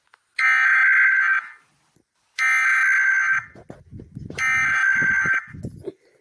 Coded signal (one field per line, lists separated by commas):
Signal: Emergency Alert System (SAME) tones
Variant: header bursts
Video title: 5 emergency alert system in 5:06 seconds.